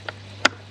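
A plastic lid is pressed down into its groove on a pond filter housing. It gives a softer click at 0.1 s and a sharper, louder click at 0.5 s, over a steady low hum. The lid seats with a strong, secure fit and won't come off.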